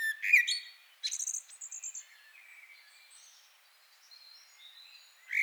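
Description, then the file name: Common blackbird song: a short mellow whistle, then a burst of thin high squeaky notes, quiet soft warbling, and another phrase beginning. "Turdus merula"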